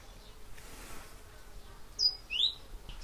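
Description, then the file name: Great tit call: a high two-note phrase, a short tone then a rising note. "Parus major"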